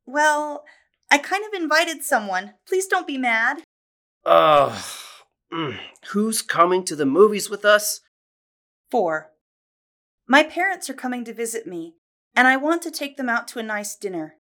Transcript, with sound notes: well… I kind of invited someone. Please don’t be mad!
*groans, resigned* Who’s coming to the movies with us?
My parents are coming to visit me, and I want to take them out to a nice dinner.